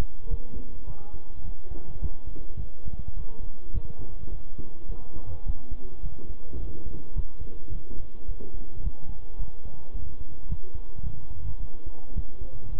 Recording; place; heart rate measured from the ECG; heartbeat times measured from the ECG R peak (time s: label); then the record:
heart sounds by stethoscope; between the tricuspid and mitral areas; 106 bpm
0.30 s: heartbeat
0.87 s: heartbeat
1.45 s: heartbeat
2.02 s: heartbeat
2.59 s: heartbeat
3.17 s: heartbeat
3.74 s: heartbeat
4.32 s: heartbeat
4.89 s: heartbeat
5.46 s: heartbeat
6.03 s: heartbeat
6.60 s: heartbeat
7.16 s: heartbeat
7.72 s: heartbeat
8.28 s: heartbeat
8.84 s: heartbeat
9.39 s: heartbeat
9.95 s: heartbeat
10.49 s: heartbeat
11.04 s: heartbeat
11.60 s: heartbeat
12.16 s: heartbeat
12.72 s: heartbeat
From the record:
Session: bicycle stress test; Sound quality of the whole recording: good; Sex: male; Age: 23 years